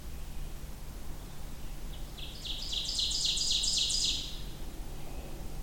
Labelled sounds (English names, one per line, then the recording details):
Ovenbird song
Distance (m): 20 m
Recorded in boreal forest in Alberta, Canada, on 23 June 2016 at 07:02
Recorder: SongMeter 3, array SBT-6-76
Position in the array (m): 12 m, 98 m
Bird 2